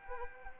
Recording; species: mosquito wingbeat signal from an infrared sensor; Anopheles arabiensis